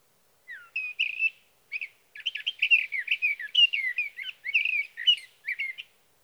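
Sage thrasher song, a long rambling run of warbled, slurred phrases in quick succession with brief pauses, clean and free of other sounds.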